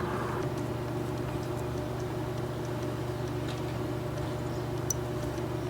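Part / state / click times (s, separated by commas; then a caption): wire terminal pin into 6-pin connector housing / seated / 4.9 s. A pink wire terminal pin is pushed into position one of a 6-pin plug housing while fitting LCI tail lights on a BMW N55 F22 M235i. A steady low hum runs underneath, and a sharp small click at 4.9 s shows the pin is seated all the way in.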